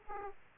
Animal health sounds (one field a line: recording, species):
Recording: mosquito wingbeat signal from an infrared sensor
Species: Aedes aegypti